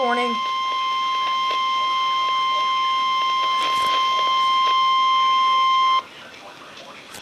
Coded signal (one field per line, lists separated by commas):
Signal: Emergency Alert System (SAME) tones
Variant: 1050 Hz attention tone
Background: speech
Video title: NOAA Weather Radio: Flash Flood Warning (EAS #44)